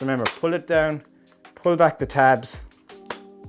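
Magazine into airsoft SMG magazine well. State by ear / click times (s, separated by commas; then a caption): seated / 3.1 s. Someone talks while the release tabs are pulled back and a magazine is pushed up into the magazine well of a Novritsch SSR90 airsoft SMG. A sharp click at 3.1 s marks the magazine locking into the well, secured.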